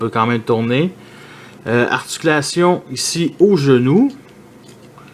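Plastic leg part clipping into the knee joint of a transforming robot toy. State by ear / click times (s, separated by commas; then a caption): not seated / none. Someone talks while handling the plastic leg part of a Transformers Robots in Disguise Starscream Warrior class transforming robot toy, bringing it toward its clip-in knee joint. Nothing has seated or clicked into the knee yet; the part is still being handled and not home when the sound ends.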